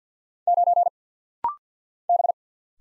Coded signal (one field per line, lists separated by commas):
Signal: Morse code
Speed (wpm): 48 wpm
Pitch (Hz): 700 Hz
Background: none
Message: 9 B